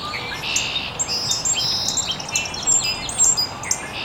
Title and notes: Birds Chirping in the Early Morning. birds chirping very early in the morning in an estuary